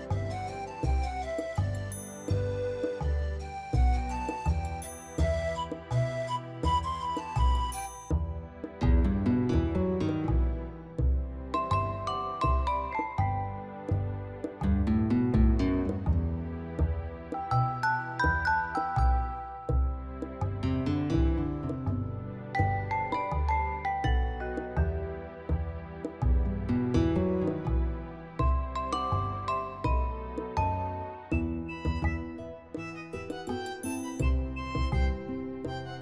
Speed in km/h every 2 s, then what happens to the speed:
104, 108, 112, 117, 122, 125, 127, 128, 128, 128, 128, 126, 125, 126, 127, 129, 131, 132.
0-12 speeds up to 127. 12-36 steady at about 128.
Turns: none.